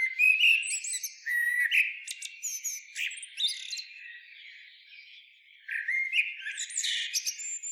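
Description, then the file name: Common blackbird warbling in short phrases with scratchy high twitter notes, a quieter stretch in the middle, then another warbled phrase near the end. "Turdus merula"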